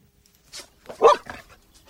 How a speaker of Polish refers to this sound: Tutaj jest kilka osób zaginionych i pies ratowniczy po znalezieniu takiej osoby sygnalizuje. Sygnalizuje poprzez szczekanie